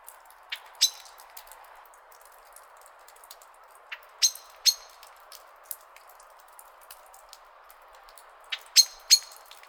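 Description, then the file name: Common blackbird clipped chink calls, several hard ringing notes scattered singly and in pairs, with quiet gaps and a low hiss underneath. "Turdus merula"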